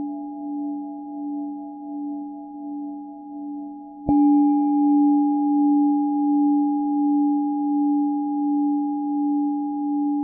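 A singing bowl hums with a steady low tone and a clear higher overtone, its loudness gently wavering in slow pulses. Just past four seconds the bowl is struck again, the ring jumping louder and brighter, then sustaining evenly to the end.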